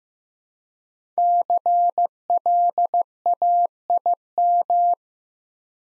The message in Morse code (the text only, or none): CLAIM